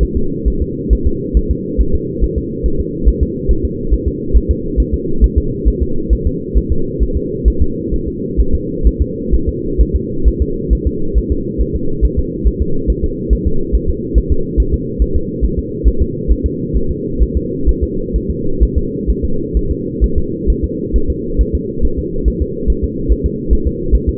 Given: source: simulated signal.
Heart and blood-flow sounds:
fetal heart sounds
0.03 s: S1
0.17 s: S2
0.48 s: S1
0.62 s: S2
0.93 s: S1
1.07 s: S2
1.37 s: S1
1.51 s: S2
1.81 s: S1
1.95 s: S2
2.24 s: S1
2.38 s: S2
2.66 s: S1
2.80 s: S2
3.09 s: S1
3.23 s: S2
3.51 s: S1
3.65 s: S2
3.94 s: S1
4.08 s: S2
4.37 s: S1
4.51 s: S2
4.80 s: S1
4.94 s: S2
5.24 s: S1
5.38 s: S2
5.68 s: S1
5.83 s: S2
6.13 s: S1
6.27 s: S2
6.58 s: S1
6.72 s: S2
7.03 s: S1
7.17 s: S2
7.48 s: S1
7.62 s: S2
7.94 s: S1
8.08 s: S2
8.40 s: S1
8.55 s: S2
8.87 s: S1
9.02 s: S2
9.34 s: S1
9.49 s: S2
9.81 s: S1
9.96 s: S2
10.28 s: S1
10.42 s: S2
10.73 s: S1
10.87 s: S2
11.18 s: S1
11.32 s: S2
11.61 s: S1
11.76 s: S2
12.05 s: S1
12.19 s: S2
12.47 s: S1
12.62 s: S2
12.90 s: S1
13.04 s: S2
13.33 s: S1
13.47 s: S2
13.75 s: S1
13.90 s: S2
14.18 s: S1
14.32 s: S2
14.60 s: S1
14.74 s: S2
15.02 s: S1
15.16 s: S2
15.45 s: S1
15.59 s: S2
15.88 s: S1
16.02 s: S2
16.32 s: S1
16.46 s: S2
16.77 s: S1
16.91 s: S2
17.23 s: S1
17.37 s: S2
17.69 s: S1
17.83 s: S2
18.16 s: S1
18.31 s: S2
18.63 s: S1
18.78 s: S2
19.10 s: S1
19.25 s: S2
19.57 s: S1
19.71 s: S2
20.04 s: S1
20.18 s: S2
20.50 s: S1
20.64 s: S2
20.96 s: S1
21.10 s: S2
21.41 s: S1
21.55 s: S2
21.85 s: S1
21.99 s: S2
22.28 s: S1
22.42 s: S2
22.70 s: S1
22.84 s: S2
23.12 s: S1
23.26 s: S2
23.53 s: S1
23.67 s: S2
23.95 s: S1
24.09 s: S2
From the record:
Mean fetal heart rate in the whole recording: 135 bpm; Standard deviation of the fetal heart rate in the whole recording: 3 bpm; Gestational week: 34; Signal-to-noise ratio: -8.1 dB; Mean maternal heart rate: 72 bpm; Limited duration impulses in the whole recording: absent

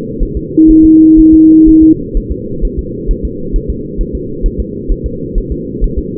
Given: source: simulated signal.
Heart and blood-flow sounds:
fetal heart sounds
0.23 s: S1
0.37 s: S2
0.71 s: S1
0.85 s: S2
1.19 s: S1
1.34 s: S2
1.69 s: S1
1.83 s: S2
2.17 s: S1
2.32 s: S2
2.65 s: S1
2.79 s: S2
3.11 s: S1
3.25 s: S2
3.56 s: S1
3.70 s: S2
4.01 s: S1
4.15 s: S2
4.46 s: S1
4.60 s: S2
4.92 s: S1
5.06 s: S2
5.38 s: S1
5.52 s: S2
5.84 s: S1
5.98 s: S2
From the record:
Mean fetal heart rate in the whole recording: 130 bpm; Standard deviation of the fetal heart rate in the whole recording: 4 bpm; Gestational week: 38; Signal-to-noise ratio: -6.6 dB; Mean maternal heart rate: 72 bpm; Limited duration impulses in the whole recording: present

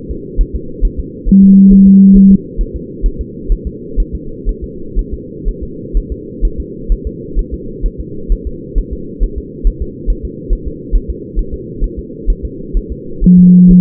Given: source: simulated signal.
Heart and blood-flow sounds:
fetal heart sounds
0.11 s: S2
0.41 s: S1
0.56 s: S2
0.85 s: S1
1.00 s: S2
1.29 s: S1
1.44 s: S2
1.73 s: S1
1.88 s: S2
2.17 s: S1
2.31 s: S2
2.61 s: S1
2.76 s: S2
3.06 s: S1
3.21 s: S2
3.52 s: S1
3.67 s: S2
4.00 s: S1
4.15 s: S2
4.49 s: S1
4.64 s: S2
4.99 s: S1
5.14 s: S2
5.48 s: S1
5.63 s: S2
5.97 s: S1
6.12 s: S2
6.45 s: S1
6.60 s: S2
6.92 s: S1
7.07 s: S2
7.39 s: S1
7.54 s: S2
7.86 s: S1
8.00 s: S2
8.32 s: S1
8.47 s: S2
8.78 s: S1
8.93 s: S2
9.23 s: S1
9.38 s: S2
9.67 s: S1
9.82 s: S2
10.10 s: S1
10.25 s: S2
10.53 s: S1
10.68 s: S2
10.96 s: S1
11.10 s: S2
11.39 s: S1
11.54 s: S2
11.84 s: S1
11.99 s: S2
12.30 s: S1
12.45 s: S2
12.77 s: S1
12.92 s: S2
13.24 s: S1
13.39 s: S2
13.71 s: S1
From the record:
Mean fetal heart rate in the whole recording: 130 bpm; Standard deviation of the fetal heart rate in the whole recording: 4 bpm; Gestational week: 38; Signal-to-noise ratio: -4.3 dB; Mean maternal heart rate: 72 bpm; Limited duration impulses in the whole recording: present

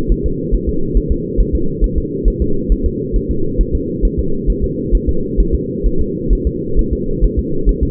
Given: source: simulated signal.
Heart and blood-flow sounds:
fetal heart sounds
0.12 s: S1
0.26 s: S2
0.55 s: S1
0.69 s: S2
0.97 s: S1
1.12 s: S2
1.41 s: S1
1.55 s: S2
1.84 s: S1
1.98 s: S2
2.28 s: S1
2.42 s: S2
2.72 s: S1
2.86 s: S2
3.16 s: S1
3.31 s: S2
3.61 s: S1
3.75 s: S2
4.05 s: S1
4.19 s: S2
4.50 s: S1
4.64 s: S2
4.95 s: S1
5.09 s: S2
5.40 s: S1
5.55 s: S2
5.87 s: S1
6.01 s: S2
6.33 s: S1
6.47 s: S2
6.79 s: S1
6.93 s: S2
7.24 s: S1
7.39 s: S2
7.69 s: S1
7.83 s: S2
From the record:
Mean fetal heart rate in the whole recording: 135 bpm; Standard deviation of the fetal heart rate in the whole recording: 3 bpm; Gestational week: 36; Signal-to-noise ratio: -8.1 dB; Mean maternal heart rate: 72 bpm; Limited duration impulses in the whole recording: present

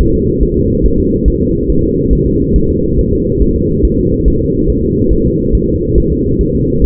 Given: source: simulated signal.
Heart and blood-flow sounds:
fetal heart sounds
0.01 s: S1
0.15 s: S2
0.43 s: S1
0.57 s: S2
0.86 s: S1
1.00 s: S2
1.28 s: S1
1.42 s: S2
1.70 s: S1
1.84 s: S2
2.13 s: S1
2.27 s: S2
2.56 s: S1
2.70 s: S2
2.99 s: S1
3.13 s: S2
3.42 s: S1
3.56 s: S2
3.85 s: S1
3.99 s: S2
4.28 s: S1
4.42 s: S2
4.70 s: S1
4.84 s: S2
5.13 s: S1
5.27 s: S2
5.55 s: S1
5.69 s: S2
5.98 s: S1
6.12 s: S2
6.41 s: S1
6.55 s: S2
6.84 s: S1
From the record:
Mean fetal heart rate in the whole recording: 140 bpm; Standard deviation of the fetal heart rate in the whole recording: 2 bpm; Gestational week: 34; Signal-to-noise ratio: -15.3 dB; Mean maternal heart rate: 72 bpm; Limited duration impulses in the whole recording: present

